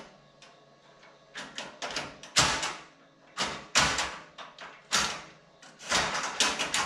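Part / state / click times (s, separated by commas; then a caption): server rail into rack post / not seated / none. A metal server rail from a Dell threaded rack kit for a PowerEdge R710 is pushed repeatedly against a rack post, producing bursts of knocking and sliding metal scrapes, with sharp knocks near 6.4 and 6.8 seconds. The rail fails to latch, and nothing has seated or clicked yet.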